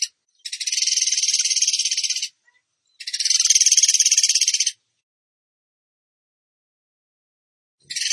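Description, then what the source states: Bird song: dense, buzzy rapid trills pulsing fast, each burst lasting about two seconds and separated by clean silent gaps. Masteran training recording of a gacor bird singing in tembakan style.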